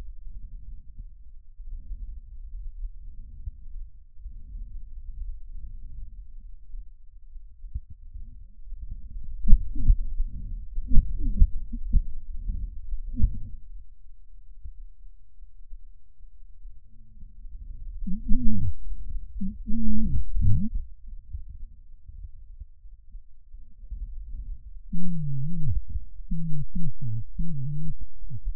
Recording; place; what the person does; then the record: lung sounds by stethoscope; right anterior apical chest; quiet breathing, then cough and speech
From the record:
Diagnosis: COPD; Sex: male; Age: 75 years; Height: 182 cm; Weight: 98 kg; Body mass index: 29.6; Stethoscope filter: bell mode